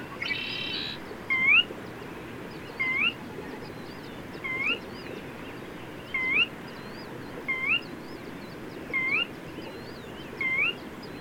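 Bird giving a clear upslurred whistle, rising quickly and repeated roughly every one and a half seconds, after a short rough buzzy note at the start; constant low hiss behind.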